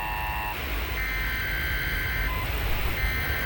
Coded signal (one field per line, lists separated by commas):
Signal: Emergency Alert System (SAME) tones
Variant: header bursts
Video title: FORTIS RIDGE // EAS Broadcast Record [Containment]